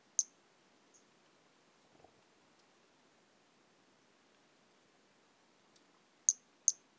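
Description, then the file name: Pumpkin toadlet giving short, piercing high chirps, one at the start and a quick pair near the end, with a soft low bump in between. "Brachycephalus albolineatus"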